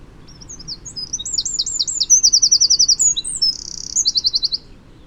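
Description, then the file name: Eurasian wren singing a vigorous high phrase: sharp tinkling notes leading into rapid, even trills over about four seconds. "Troglodytes troglodytes"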